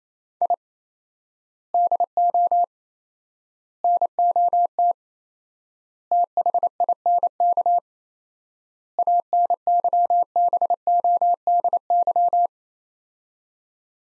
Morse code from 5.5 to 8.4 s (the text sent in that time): THINK